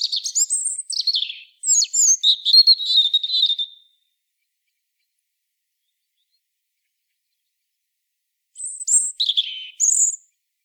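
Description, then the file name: European robin singing high wavering whistles and a long trill, silence for about four seconds, then a short phrase of sliding notes. "Erithacus rubecula"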